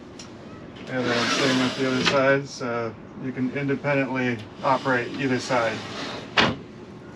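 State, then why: Seated. A retractable door screen's latch bar, the new latching option on the legacy version, is pulled across a boat doorway to its end and clicks automatically into its latch on the door frame, locking in place at 0.2 seconds. Someone then talks about operating the other side independently.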